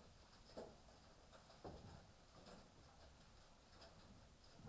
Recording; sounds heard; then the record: poultry house recording; healthy chickens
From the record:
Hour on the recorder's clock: 18